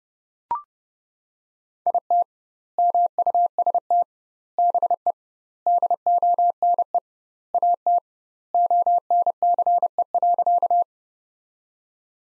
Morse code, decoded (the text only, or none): IT MUST BE DONE AT ONCE.